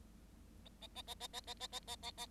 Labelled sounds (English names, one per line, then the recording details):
Bengalese Finch song
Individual Bird7